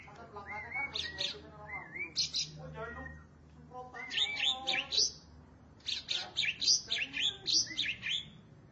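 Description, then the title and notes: Starling singing in quick bursts of scratchy chatter mixed with clear whistled slides and high squeaky notes, separated by brief quiet gaps. "suara burung jalak"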